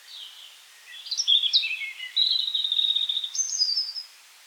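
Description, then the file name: European robin song: a varied phrase of thin high whistles, quick trills and sliding notes, ending on a sweet high flourish. "rotkehlchen"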